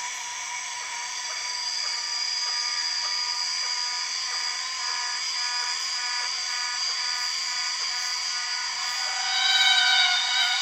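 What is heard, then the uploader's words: An Empress cicada calls in a steady, piercing whine, a dense buzzing drone of stacked high tones with faint rapid pulsing running through it. The sound holds level, then swells louder and shifts slightly near the end, around nine to ten seconds. The weird sound of the Empress cicada.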